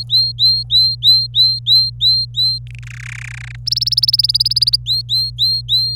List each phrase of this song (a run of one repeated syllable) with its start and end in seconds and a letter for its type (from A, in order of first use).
0.00-2.58 A, 2.67-2.79 B, 2.83-3.56 C, 3.66-4.76 D, 4.86-5.96 A